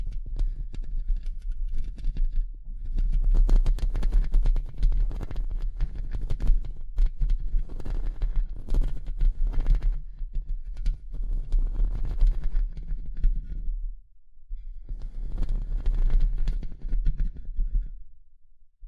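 Tapping and scratching sounds come in dense bursts of quick, irregular clicks and scrapes, with a constant low thump-like rumble underneath. The activity rises and falls in clusters every few seconds, dropping nearly silent around the fourteen-second mark before another burst.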